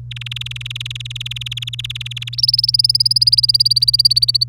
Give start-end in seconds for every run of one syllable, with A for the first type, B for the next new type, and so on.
0.11-2.35 A, 2.38-4.44 B